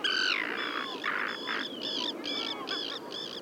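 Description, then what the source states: Caspian gull calls, a run of harmonic, slightly wavering whistled notes given about twice a second, with a few harsher buzzy notes at the start. Juvenile bird, recorded at Seelhaus See.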